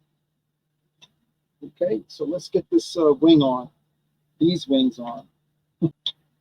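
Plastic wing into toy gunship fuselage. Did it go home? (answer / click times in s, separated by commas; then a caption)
no / none. Someone talks while pressing a plastic wing onto a toy gunship fuselage. A sharp handling knock is heard near 6.1 s. Nothing has clicked or seated yet, and the wing fails to click on.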